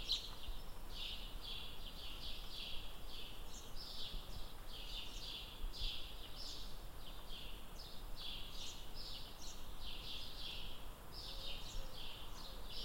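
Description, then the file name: Bird song made of rapid, high-pitched downward-slurred notes repeating almost without pause, set against a constant low environmental hum. "Nuture environment birds"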